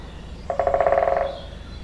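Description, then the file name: Woodpecker drumming: a rapid roll of sharp taps lasting under a second, fading slightly toward the end, over a quiet background. Binaural recording. "Binaural Birds Woodpecker"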